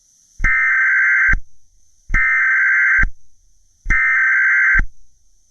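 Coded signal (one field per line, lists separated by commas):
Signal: Emergency Alert System (SAME) tones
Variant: header bursts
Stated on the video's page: Fictional EAS scenario.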